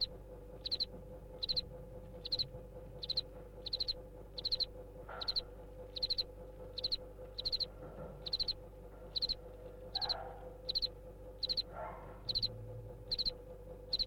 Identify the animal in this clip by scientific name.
Acheta domesticus